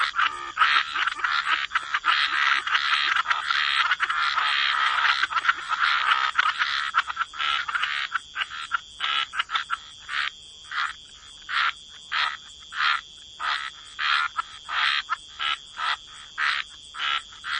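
Frog chorus at first dense and continuous, thinning after about eight seconds into separate croaks, under a steady high tone.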